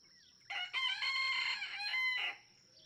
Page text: Birdsong for the Curious Naturalist. Red junglefowl (chicken) No two roosters crow alike in this Kentucky barnyard. June 2, 2010. Just outside Mammoth Cave National Park, Kentucky